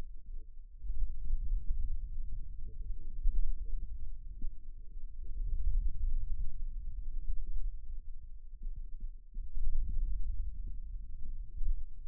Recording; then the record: forearm muscle sounds (acoustic myography)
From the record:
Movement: hand opening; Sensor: system 2, bracelet of six BSWA MPA416 microphones around the upper forearm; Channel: 1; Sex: male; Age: 22 years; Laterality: right